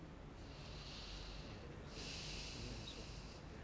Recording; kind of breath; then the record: one breath in and out by a microphone near the nose and mouth; deep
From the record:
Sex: male